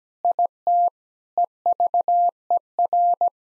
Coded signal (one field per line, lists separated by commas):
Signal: Morse code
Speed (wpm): 17 wpm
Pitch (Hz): 700 Hz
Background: none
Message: IT EVER